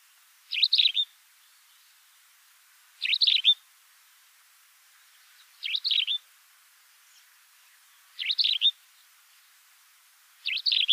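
Bird calling: five brief bursts of quick, high twittering notes, repeated roughly every two and a half seconds, with little else audible.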